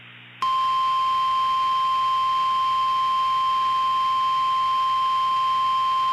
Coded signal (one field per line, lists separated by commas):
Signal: Emergency Alert System (SAME) tones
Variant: 1050 Hz attention tone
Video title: "CLINTON" [Tornado EAS Scenario]